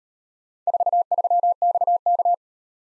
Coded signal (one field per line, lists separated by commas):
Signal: Morse code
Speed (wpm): 38 wpm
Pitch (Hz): 700 Hz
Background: none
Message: 43XK